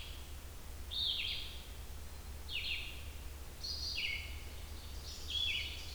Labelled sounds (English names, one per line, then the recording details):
Red-eyed Vireo song
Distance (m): 25 m
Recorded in boreal forest in Alberta, Canada, on 28 June 2016 at 07:46
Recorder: SongMeter 3, array SBT-6-79
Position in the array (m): 107 m, 211 m